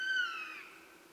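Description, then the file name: Eurasian jay uttering a single tonal, descending mew that fades gradually, with a quiet hiss behind it. "Garrulus glandarius"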